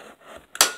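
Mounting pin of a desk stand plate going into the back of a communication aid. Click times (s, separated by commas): 0.6 s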